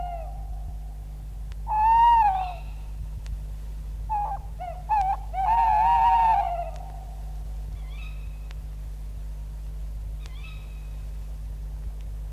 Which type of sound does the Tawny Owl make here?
call